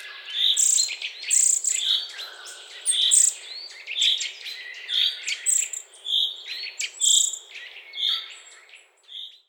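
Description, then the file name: Eurasian nuthatch calls: a series of short piping notes, mixed with thin higher squeaks. "Sitta europaea"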